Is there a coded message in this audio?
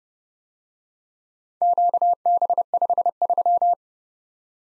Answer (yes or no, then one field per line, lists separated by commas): yes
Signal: Morse code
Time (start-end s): 1.6-3.7 s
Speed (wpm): 34 wpm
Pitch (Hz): 700 Hz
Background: none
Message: QB53